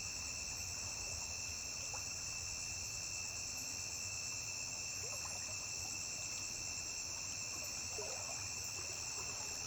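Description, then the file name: Crickets chirping in a constant shrill chorus, layered pitches holding steady, with scattered faint clicks beneath. Constant cricket chirping recorded on a riverbank. "Grilo constante na beira de rio"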